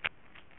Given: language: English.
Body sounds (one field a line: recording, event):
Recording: throat vibration sensor signal played as sound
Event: swallow